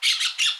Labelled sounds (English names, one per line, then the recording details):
Brown-throated Parakeet contact call
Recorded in Aruba
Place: Cunucu Arikok, S side of Ceru Arikok
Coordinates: 12.502, -69.950